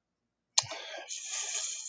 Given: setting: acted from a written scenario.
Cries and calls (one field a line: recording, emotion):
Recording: vocal sound without words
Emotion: anger